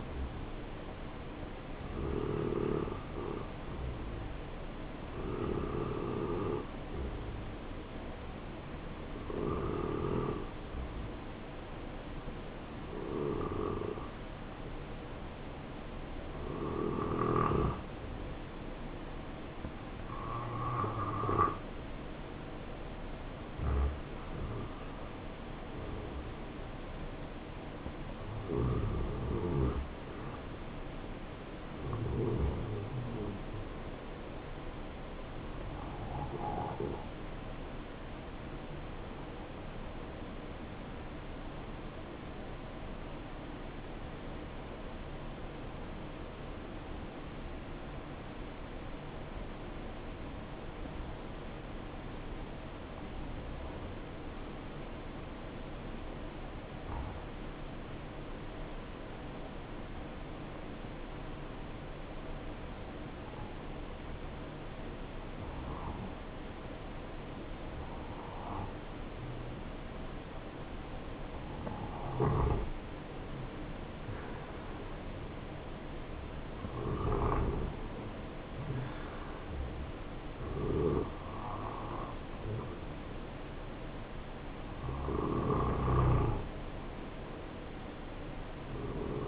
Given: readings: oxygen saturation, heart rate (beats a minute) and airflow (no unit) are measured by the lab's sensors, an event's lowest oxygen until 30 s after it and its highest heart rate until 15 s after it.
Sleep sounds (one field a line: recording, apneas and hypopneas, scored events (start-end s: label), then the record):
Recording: breathing in sleep by a voice recorder at the bedside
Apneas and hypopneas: 1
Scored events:
33.00-70.30 s: obstructive apnea (REM, oxygen 95% highest, then 87% lowest, heart rate 71 at the start, 74 highest)
From the record:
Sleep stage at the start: REM sleep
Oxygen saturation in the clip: 85 to 95%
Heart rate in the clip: 63 to 74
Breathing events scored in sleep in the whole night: 277 in 7.4 hours asleep